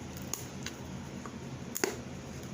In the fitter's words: you can hear it pop open